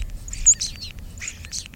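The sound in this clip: European starling calls: two bursts of short, high whistled and chattering notes.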